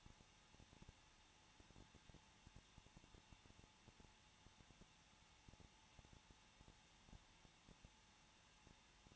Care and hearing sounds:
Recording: daily activity, microphone in the room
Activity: no activity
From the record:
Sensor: 1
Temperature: 20.1 degrees Celsius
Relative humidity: 39.4%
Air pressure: 1006.3 hPa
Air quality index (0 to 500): 219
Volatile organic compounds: 82 ppm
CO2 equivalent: 3624 ppm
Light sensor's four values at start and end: 1/2/1/1 and 1/2/1/1

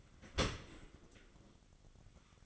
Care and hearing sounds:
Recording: daily activity, microphone in the room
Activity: open dishwasher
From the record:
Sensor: 4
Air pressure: 1003.9 hPa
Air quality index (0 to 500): 152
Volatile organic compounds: 2 ppm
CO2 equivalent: 1086 ppm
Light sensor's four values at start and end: 22/52/21/22 and 22/52/21/22

